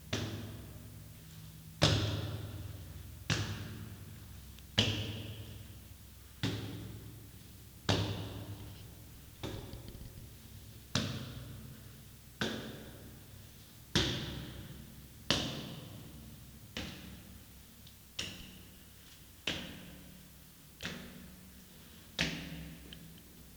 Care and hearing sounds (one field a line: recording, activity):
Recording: daily activity, guitar pickup as the sensor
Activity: go upstairs